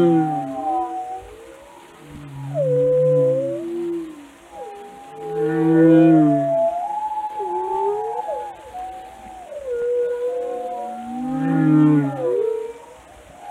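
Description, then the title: Whale sounds, repeated swells of overlapping moans and upswept whistles, rising and falling in waves about every few seconds. "Whale Watching: A Close Encounter with the Giants of the Sea"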